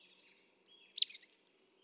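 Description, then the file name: European robin, a brief burst of high, thin whistled notes with a sharp twitter in the middle, ending on a very high note. "Erithacus rubecula"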